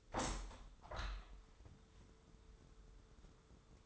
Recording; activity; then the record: daily activity, microphone in the room; open window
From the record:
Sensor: 3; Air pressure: 995.7 hPa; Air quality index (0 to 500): 98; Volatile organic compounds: 14 ppm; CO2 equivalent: 2466 ppm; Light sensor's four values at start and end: 27/83/35/30 and 28/84/35/31